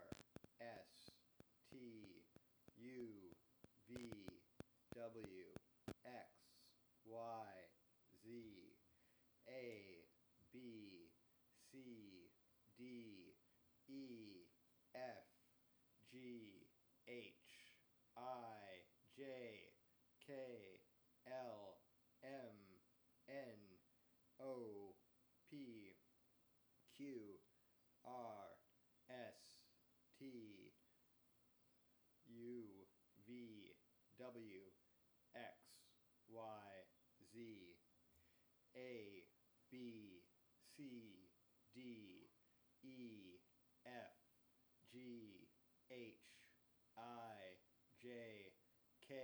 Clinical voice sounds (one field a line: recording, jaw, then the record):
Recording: letters of the alphabet, spoken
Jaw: free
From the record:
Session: first day, before the bite bar